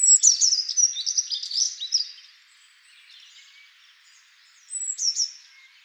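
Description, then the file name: Eurasian blue tit with a dense two-second chatter of high, scratchy notes, a quiet pause, then a short final burst of sharp calls. "Cyanistes caeruleus"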